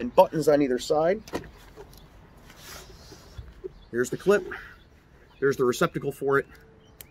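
A plastic chin strap clip of a riot helmet is handled near its receptacle on the side of the helmet while someone talks, with faint light handling ticks in the pauses and a sharp tick at the very end. Nothing has seated or clicked into the receptacle yet.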